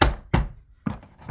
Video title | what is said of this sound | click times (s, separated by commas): RIDGID 6 Gallon NXT Wet/Dry Vac: Unboxing, Setup & First Impressions | You heard the snap, it's done. | 0.0 s